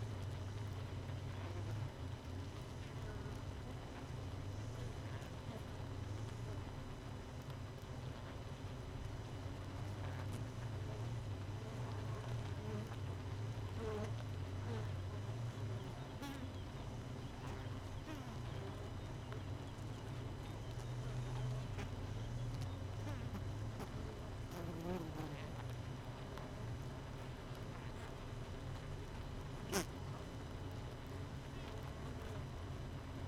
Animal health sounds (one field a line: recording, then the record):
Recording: honeybee colony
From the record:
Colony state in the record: missing queen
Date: 31 May 2018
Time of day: 5:11